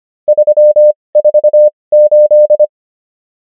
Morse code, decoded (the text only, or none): 348